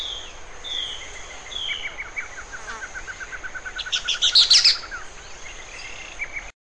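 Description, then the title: Bird calling with short whistled notes, then a run of rapid chips building to a loud sharp burst, a constant thin high whine behind. "LuckyPassaro Completos2Sama"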